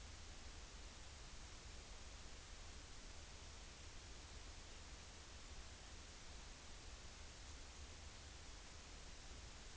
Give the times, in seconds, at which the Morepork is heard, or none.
none